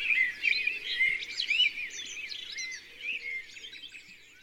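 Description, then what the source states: Mixed songbirds singing together, quick chirping and twittering notes tumbling over one another in a busy chorus. Mixed forest.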